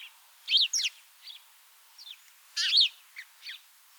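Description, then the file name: House sparrow calls: a few loud chirps with softer, fainter notes between, over a light background hiss. "Passer domesticus"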